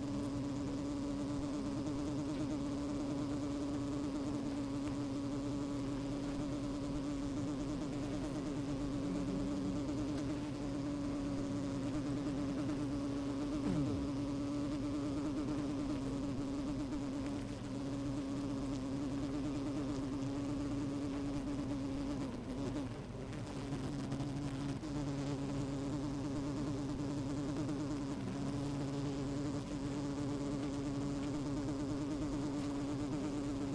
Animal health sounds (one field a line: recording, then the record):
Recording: honeybee colony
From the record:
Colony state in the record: active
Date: 28 July 2017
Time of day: 12:16